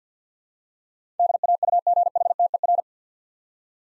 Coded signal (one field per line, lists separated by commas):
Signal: Morse code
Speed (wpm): 50 wpm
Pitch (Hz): 700 Hz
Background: none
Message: DAUGHTER